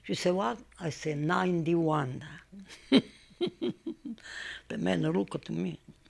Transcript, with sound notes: She say, "What?" I say, "Ninety-one." ( she laughs ) The man look at me.